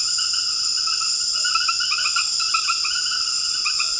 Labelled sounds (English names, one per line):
none